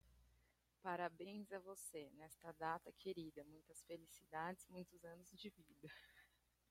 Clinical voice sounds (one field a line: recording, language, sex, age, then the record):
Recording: short text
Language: Brazilian Portuguese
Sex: female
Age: 30 to 39 years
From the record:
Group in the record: control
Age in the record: 31 years